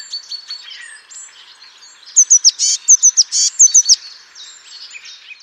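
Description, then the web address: Bird calls: a fast burst of sharp, very high chirps and buzzy notes over about two seconds, with softer twittering before and after. "Deverinetal 2025 File origin Bird Only Cy Ca"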